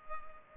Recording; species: mosquito wingbeat signal from an infrared sensor; Culex pipiens